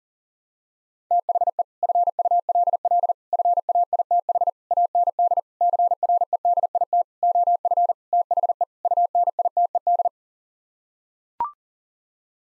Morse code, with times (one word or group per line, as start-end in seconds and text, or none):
1.1-1.6 THE
1.8-3.1 FULL
3.3-4.5 FAITH
4.7-5.4 AND
5.6-7.0 CREDIT
7.2-7.9 OF
8.1-8.6 THE
8.9-10.1 UNITED